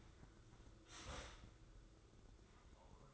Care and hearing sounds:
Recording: daily activity, microphone in the room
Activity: start toaster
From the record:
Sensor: 3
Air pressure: 995.3 hPa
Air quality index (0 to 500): 73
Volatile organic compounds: 5 ppm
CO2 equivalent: 1706 ppm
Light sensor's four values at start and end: 16/49/20/17 and 16/49/21/17

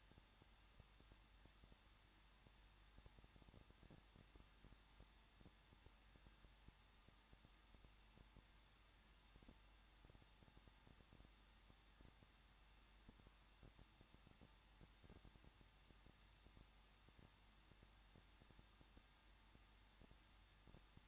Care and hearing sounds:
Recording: daily activity, microphone in the room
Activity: no activity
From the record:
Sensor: 3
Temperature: 21.2 degrees Celsius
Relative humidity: 36.2%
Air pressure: 1006.5 hPa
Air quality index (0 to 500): 220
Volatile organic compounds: 39 ppm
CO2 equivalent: 3131 ppm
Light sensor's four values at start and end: 2/3/2/2 and 2/3/2/2

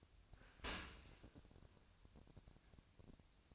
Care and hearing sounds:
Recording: daily activity, microphone in the room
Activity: open dishwasher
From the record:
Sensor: 2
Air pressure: 1003.0 hPa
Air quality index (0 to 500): 199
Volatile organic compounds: 6 ppm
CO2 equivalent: 1890 ppm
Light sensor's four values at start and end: 24/59/26/28 and 24/59/26/28

